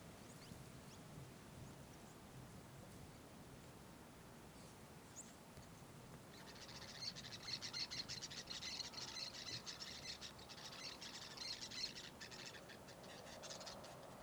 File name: Ambiente com passaros em fazenda vento dia